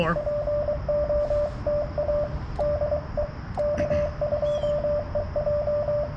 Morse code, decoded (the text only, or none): POTA DE K2EJ